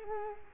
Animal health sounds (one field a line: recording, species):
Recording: mosquito wingbeat signal from an infrared sensor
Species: Culex quinquefasciatus